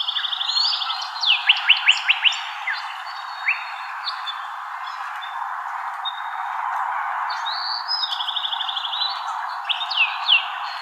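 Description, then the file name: Sinaloa wren: a series of sharp down-slurred notes, then quieter gaps, and later more quick whistled and slurred notes, over steady background noise. "SIWR deviche"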